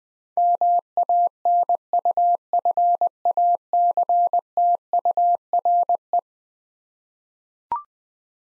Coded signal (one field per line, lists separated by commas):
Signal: Morse code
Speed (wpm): 21 wpm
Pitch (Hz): 700 Hz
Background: none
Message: MANUFACTURE